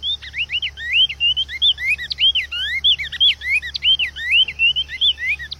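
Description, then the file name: Cinnamon tanager singing a lively, unbroken stream of arched whistled notes, high and low phrases alternating quickly throughout. "Canto do bico de veludo"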